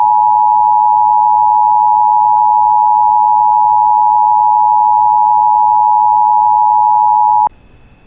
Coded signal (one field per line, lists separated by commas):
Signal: Emergency Alert System (SAME) tones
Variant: 853 and 960 Hz attention tone